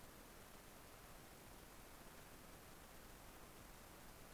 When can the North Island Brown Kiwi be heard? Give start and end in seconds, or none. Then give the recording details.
none. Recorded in New Zealand on 11 December 2011. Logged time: 00:43. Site DD66